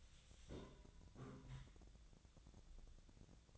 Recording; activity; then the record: daily activity, microphone in the room; take from stove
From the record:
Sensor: 3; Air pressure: 1009.9 hPa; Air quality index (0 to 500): 189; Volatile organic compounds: 14 ppm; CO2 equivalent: 2466 ppm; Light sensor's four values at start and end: 41/103/44/47 and 41/103/44/47